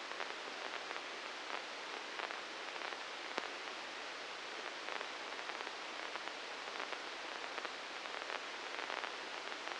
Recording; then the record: brain microelectrode recording played as sound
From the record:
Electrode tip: inside the subthalamic nucleus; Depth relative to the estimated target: -2 mm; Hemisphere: right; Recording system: NeuroSet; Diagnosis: Parkinson's disease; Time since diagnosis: 19 years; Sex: female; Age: 69 years